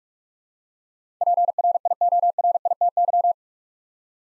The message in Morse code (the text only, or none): PRIORITY